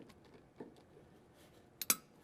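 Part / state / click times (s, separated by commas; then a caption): metal retaining clip onto a double hex head fitting / seated / 1.8 s, 1.9 s. A metal retaining ring clip is pushed onto a double hex head fitting with needle nose pliers. After a few faint ticks, two sharp metallic snaps ring out at 1.8 and 1.9 seconds as the clip seats in place, followed by a soft tap at the end.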